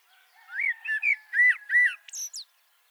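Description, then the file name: Common blackbird singing one phrase: five mellow, fluted notes in quick succession, then a thin, high-pitched squeaky flourish at the end. "Turdus merula"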